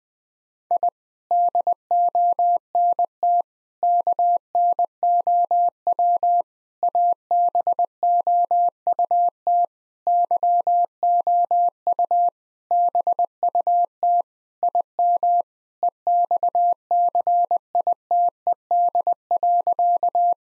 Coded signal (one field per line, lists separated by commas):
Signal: Morse code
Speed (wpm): 20 wpm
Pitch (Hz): 700 Hz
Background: none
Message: I DONT KNOW ABOUT YOU BUT IM EXCITED.